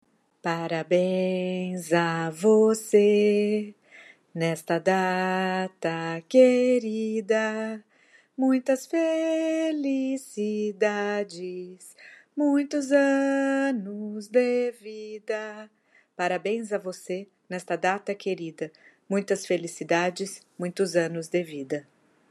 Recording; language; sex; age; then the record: short text; Brazilian Portuguese; female; 40 to 49 years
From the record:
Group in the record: control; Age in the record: 41 years